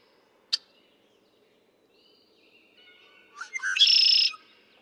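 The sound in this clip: Red-winged blackbird sings once: a sharp click, quiet whistles, then stuttered notes and a loud grating trill.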